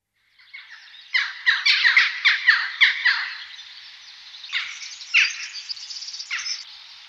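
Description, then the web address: Western jackdaw calls: a quick burst of clipped, metallic chack notes in the opening seconds, followed by a few softer, scattered calls. "Oiseaux Chants Jackdaw"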